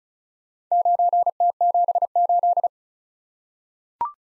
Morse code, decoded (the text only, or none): 9T78